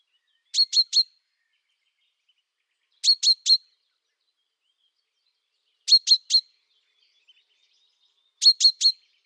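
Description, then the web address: Common chaffinch calls: crisp high notes in clusters of three, repeated about every two and a half seconds, otherwise quiet. "Deverinetal"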